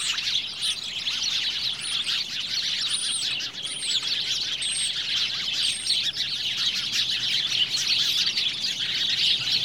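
Birds twittering in a dense, high chorus, with a few thin whistled notes standing out above the steady chatter.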